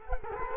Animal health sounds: mosquito wingbeat signal from an infrared sensor; Culex quinquefasciatus

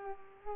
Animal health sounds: mosquito wingbeat signal from an infrared sensor; Culex pipiens

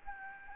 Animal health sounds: mosquito wingbeat signal from an infrared sensor; Anopheles gambiae

